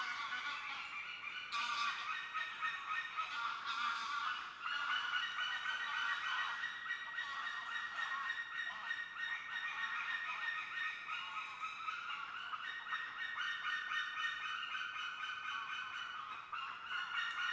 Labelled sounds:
White-tailed Eagle (Haliaeetus albicilla) call
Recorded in the wild
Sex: pair
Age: adult
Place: Niederspree, Niederspreer Teichgebiet, Sachsen, DE
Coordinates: 51.3939, 14.8722
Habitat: ponds
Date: 2008-07-31
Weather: heiter, 17°C, windstill
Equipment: Fostex FR2-LE, 2 Sennheiser ME64, Rycote-Windschutz
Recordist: Frommolt, Karl-Heinz

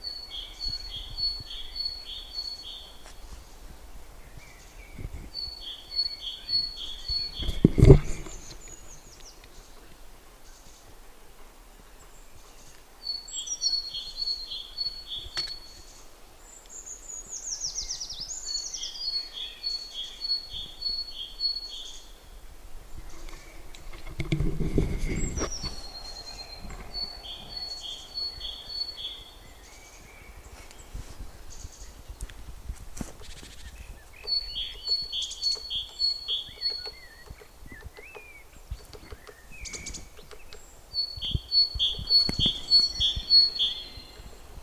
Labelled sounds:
Great Tit (Parus major) song
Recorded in the wild
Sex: male
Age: adult
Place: Prenden, Brandenburg, DE
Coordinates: 52.8347, 13.62
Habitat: wood
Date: 1992-03-07 13:50
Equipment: Aiwa HD-S1, Sennheiser ME 80, 1:1 Kopie
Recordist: Frommolt, Karl-Heinz

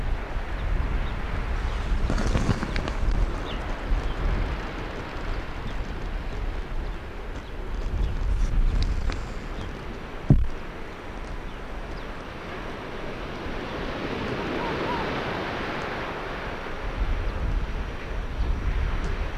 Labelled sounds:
Arctic Fox (Vulpes lagopus)
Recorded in the wild
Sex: male
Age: adult
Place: Insel Mednyi, Kommandeur-Inseln, RU
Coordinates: 54.5167, 168.083
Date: 1999-07-09 20:27
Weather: 9°C, Westwind
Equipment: Sony WM-D6C, Sennheiser ME 80, K 30 AV, Windkorb, Kopie Sony TCD-D8
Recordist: Jakupi, Antje

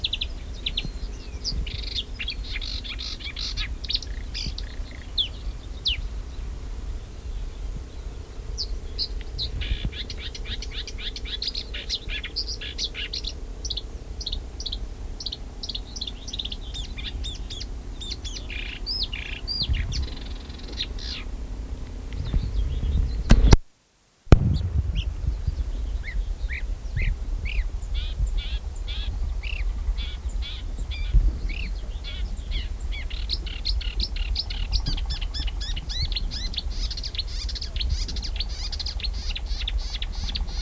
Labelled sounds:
Marsh Warbler (Acrocephalus palustris) song
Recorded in the wild
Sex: male
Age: adult
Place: Wiesenthau, Bayern, DE
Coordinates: 49.7128, 11.1353
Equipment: Maihak, Original, Vollspur
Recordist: Tretzel, Erwin

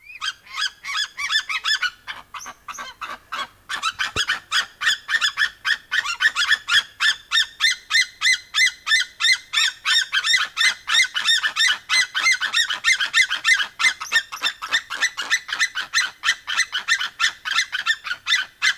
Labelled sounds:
White-tailed Eagle (Haliaeetus albicilla) call
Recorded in captivity
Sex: pair
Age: adult
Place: Tiergarten Wilhelma/Stuttgart, Baden-Württemberg, DE
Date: 2000-09-22 18:26
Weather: bedeckt, 15°C
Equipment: Nagra SN, Kopie Uher 4000 Report Monitor
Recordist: Tembrock, Günter

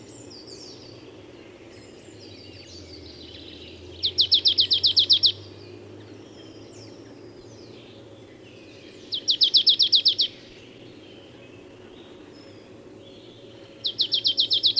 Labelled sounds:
Marsh Tit (Poecile palustris) song
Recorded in the wild
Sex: male
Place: Gingst, Insel Rügen, Mecklenburg-Vorpommern, DE
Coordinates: 54.456, 13.311
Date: 1978-04-19 05:10
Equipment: Nagra III BH, Sennheiser MD 21, parabola
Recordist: Schubert, Michael

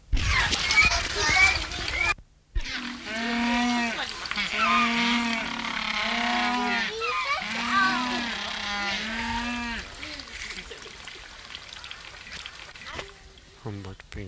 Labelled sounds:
Humboldt Penguin (Spheniscus humboldti) duetting
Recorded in captivity
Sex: pair
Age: adult
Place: Zoo Berlin, Berlin, DE
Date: 1994-01-15 12:39
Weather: wechselnd wolkig, +5 °C
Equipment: Marantz CP 430, Sennheiser MKH 416 T, Kopie Uher Variocord 263
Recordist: Tembrock, Günter

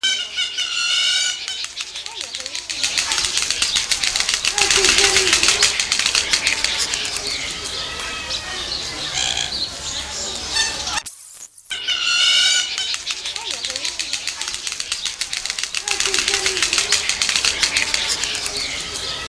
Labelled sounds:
Woolly-necked Stork (Ciconia episcopus), Hamerkop (Scopus umbretta)
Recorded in captivity
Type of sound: bill clattering
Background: Scopus umbretta
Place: Zoo Berlin, Berlin, DE
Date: 1999-08-23 17:12
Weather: wolkig, ca. 17-18°C
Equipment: Sony WM-D6C, Sennheiser ME 80, Kopie Uher 4000 Report Monitor
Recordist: Tembrock, Günter
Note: Paar: Schnabelklappern (Entfernung ca. 13:47 - 15:51 min)

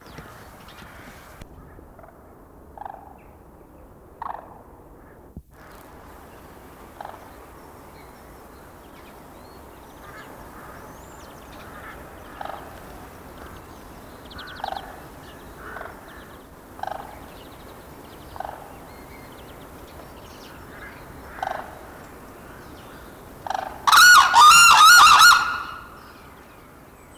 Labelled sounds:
Black-necked Crane (Grus nigricollis) duetting
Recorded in captivity
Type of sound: duetting, call
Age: adult
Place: Tierpark Berlin, Berlin, DE
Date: 1997-01-12 14:42
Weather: heiter, fast windstill, -5°C
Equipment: Nagra SN, Kopie Uher 4000 Report Monitor
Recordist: Tembrock, Günter
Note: Duettrufen und Kurzlaute, Entfernung ca. 30 m. Überspiel mit zwei Aussteuerungen

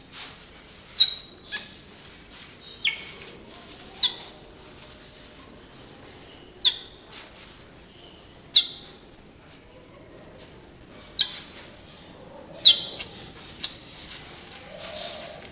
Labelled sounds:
Sulawesi Myna (Basilornis celebensis) call
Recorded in captivity
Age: adult
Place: Zoo Berlin, Berlin, DE
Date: 1991-10-30 10:03
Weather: sonnig, 0°C
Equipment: Nagra SN, Kopie Tesla B 116
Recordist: Tembrock, Günter
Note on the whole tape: Lautfolgen

